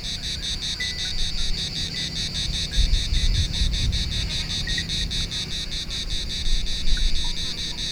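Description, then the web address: Cicada singing a pulsing, metallic rattle that never pauses, with gusty low noise rising in the middle. Recorded on Thassos, Greece, in 2016. "hanggyujtemeny gorogtaj thassos 2016 ketkaboca kecskekrovarok kecskesut"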